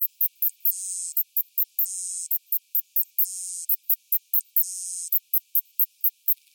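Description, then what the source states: Cicada song: rapid high clicking pulses alternating with longer buzzy trills, the pattern repeating four times. Cicada from New Zealand.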